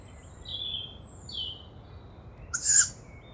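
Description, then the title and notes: Young tawny owl giving one harsh, breathy hiss near the end, preceded by thin whistled notes from other birds. Young owl at a nest site also used the previous year, Bois de Vincennes, 29 May 2019, 5:15 am; perched overhead; the characteristic hissing breath of young owls; recorded with MixPre-3 and two MKH40 microphones. "La jeune chouette de Vincennes. 29 mai 2019-5h15-Bois de Vincennes. ce souffle caractéristique des jeunes Chouettes hulottes (Strix aluco)"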